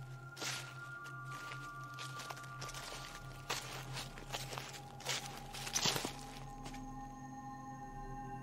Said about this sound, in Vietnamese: Khi mọi người đã bắt đầu sinh lòng chán nản thì loáng thoáng có tiếng bước chân vang lên. Tiếng bước chân dẫm lên lá khô cứ xào xà xào xà, lúc ở bên này, lúc ở bên kia, rõ lắm.